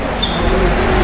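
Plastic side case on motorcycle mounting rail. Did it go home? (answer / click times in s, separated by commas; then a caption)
no / none. A plastic SHAD SH36L side case is pressed onto its mounting rail on a Yamaha Tracer 9 GT motorcycle, with a brief knock at 0.2 seconds over steady low background rumble. The lock fails to latch; nothing has seated or clicked yet, and the case still needs pressing.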